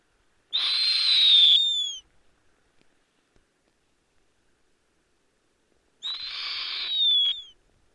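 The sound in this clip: Snowy owl screeching: two harsh, drawn-out high screams, each about a second and a half long and falling slightly at the end, with silence between.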